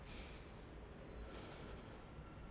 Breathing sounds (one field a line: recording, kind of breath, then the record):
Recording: one breath in and out by a microphone near the nose and mouth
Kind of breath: deep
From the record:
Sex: male